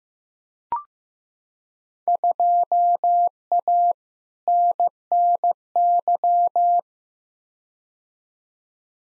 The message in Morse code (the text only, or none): 2A NNY